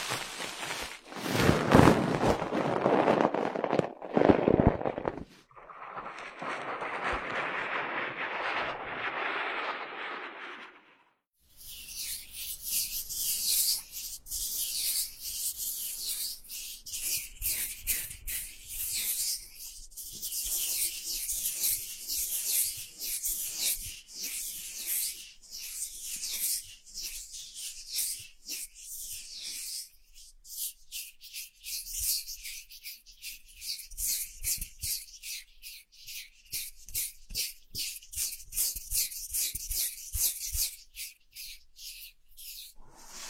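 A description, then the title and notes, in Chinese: Ears being massaged: loud rubbing for the first ten seconds, then a steady stream of crisp, bright scratchy rustles with frequent quick crackles. 按摩耳朵，一些让人放松的声音。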